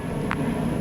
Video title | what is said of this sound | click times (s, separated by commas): Top 3 Game-Changing Summer EDC Options | Push down the ulti clips, you'll hear a click. | 0.3 s